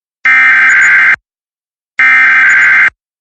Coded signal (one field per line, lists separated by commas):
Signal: Emergency Alert System (SAME) tones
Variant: header bursts